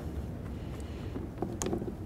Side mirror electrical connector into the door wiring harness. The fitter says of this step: Go ahead and shove it in. Listen for a click.